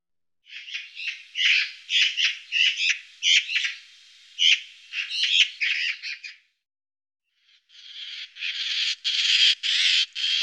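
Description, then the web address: Eurasian magpie chattering in a rapid series of harsh, clipped notes. After a brief pause come drawn-out rasping calls. "IVN Zangvogels. Ekster"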